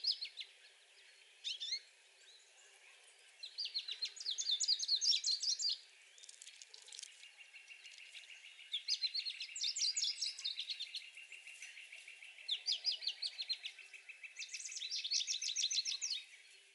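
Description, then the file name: American goldfinch singing in repeated bursts of quick, varied high twitters and chips, with a steady thin buzzing trill running beneath much of the recording. Recorded 7 May 2020. "2020-05-07 Am Goldfinch Songs"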